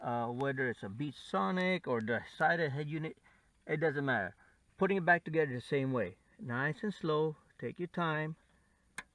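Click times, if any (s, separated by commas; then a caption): 9.0 s. Someone talks while putting a Toyota RAV4 Prime's OEM radio back together, then a wiring harness connector is pushed into the car's head unit. A single sharp snap is heard at 9.0 s as the connector seats home.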